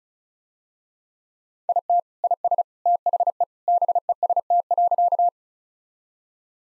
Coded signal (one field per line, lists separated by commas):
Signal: Morse code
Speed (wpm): 36 wpm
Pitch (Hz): 700 Hz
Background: none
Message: IT IS THE BEST.